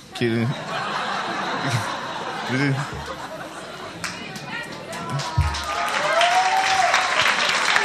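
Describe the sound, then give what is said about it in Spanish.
Steady, dense applause for the audience members said to do nothing runs through the whole stretch, many hands clapping at once, with scattered voices and a few chuckles rising over it. “Aplauso por ellos, por los que hacen nada.”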